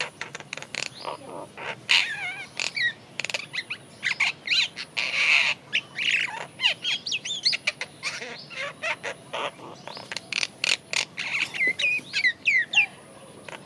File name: Acridotheres grandis